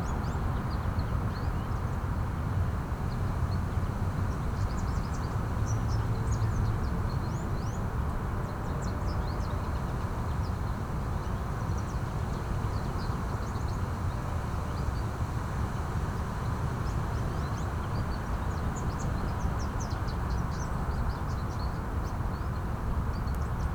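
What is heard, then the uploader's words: A breezy day outdoors, with a steady, dense rush of wind rumbling low and constant for the whole stretch. High, thin chirps flicker above it throughout, clustering around the middle and again near the end, like birds. Breezy Day.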